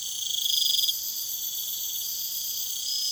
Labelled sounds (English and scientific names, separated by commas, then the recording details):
none
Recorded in secondary vegetation near Puerto Asís, Putumayo, Colombia, on 24 June 2025
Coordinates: 0.488, -76.319
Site G094